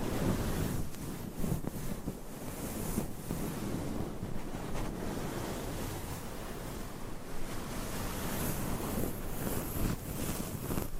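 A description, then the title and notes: Scratching and rubbing on a microphone fill the whole clip with a dense, rumbling rush that sounds a lot like wind or surf. Sharper scrapes break through about every second early on, and brighter, hissier strokes come near the end. ASMR Mic Scratching Battle with 100 Different MICS ! Bare VS Foam VS Fluffy Covers No Talking. Mic Scratching Battle with 100 Different MICS ! Bare VS Foam VS Fluffy Covers.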